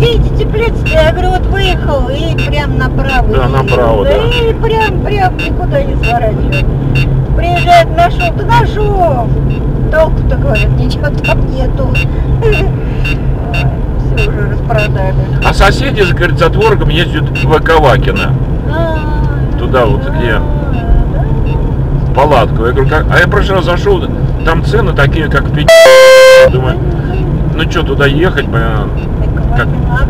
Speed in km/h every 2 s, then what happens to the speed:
54, 52, 53, 53, 54, 53, 53, 54, 54, 54, 55, 56, 56, 55, 56.
0-30 steady at about 54.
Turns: none.